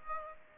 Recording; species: mosquito wingbeat signal from an infrared sensor; Aedes aegypti